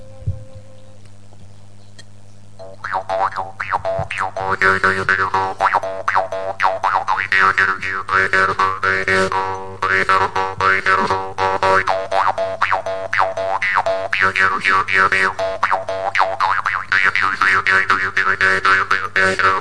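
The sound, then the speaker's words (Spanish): A Mapuche jaw harp (trompe, called paupawin) played alone in the FM Sierras radio studio over a steady low buzzing drone, with twangy, vowel-like overtones sliding up and down in a repeating melodic rhythm after a brief quiet start. “y este paupawin, el trompe mapuche, que nosotros también hemos traído al estudio de la radio para tocar también nuestros cantos”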